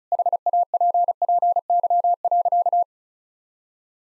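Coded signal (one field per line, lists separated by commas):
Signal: Morse code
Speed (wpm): 34 wpm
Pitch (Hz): 700 Hz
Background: none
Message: HAPPY.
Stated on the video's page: Morse practice at 35 wpm: sentences with common seven-word phrases, sent twice for head-copy training.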